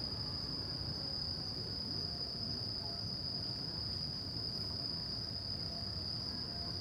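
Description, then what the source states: Crickets keep up an even, piercing trill while low traffic noise rumbles beneath. Crickets at night in Shinjuku Gyoen Park, Shinjuku, Tokyo, Japan; recorded with DPA 4060 AB microphones on a Deity PR-2.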